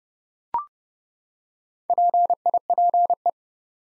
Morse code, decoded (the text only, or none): PIPE